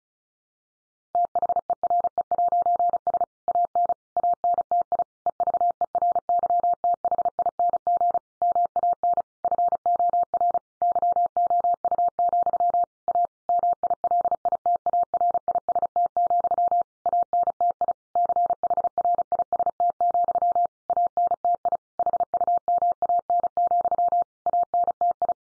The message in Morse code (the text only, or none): THERE'S AN ANTI EVERYTHING MAN FOR YOU, A MILITARIST, ANTI CHRIST, ANTI HUMAN, ANTI